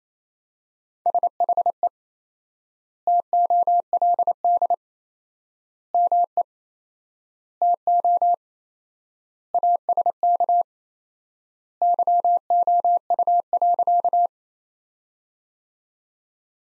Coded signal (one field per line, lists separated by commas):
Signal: Morse code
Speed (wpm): 28 wpm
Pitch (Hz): 700 Hz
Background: none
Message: SHE TOLD ME TO ASK YOU.